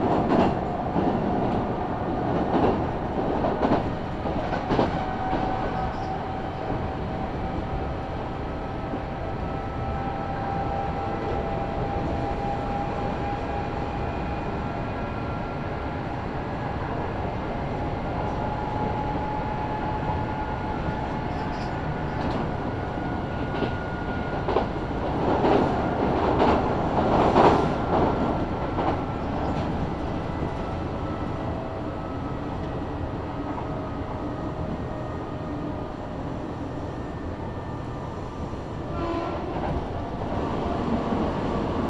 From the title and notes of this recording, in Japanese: 近鉄大阪線 急行 名張→大和朝倉。平日のお昼時、そろそろ学生の乗り降りが始まりそうな時間帯です。名張から桜井までは各駅停車になるのでこまめに停車していきます。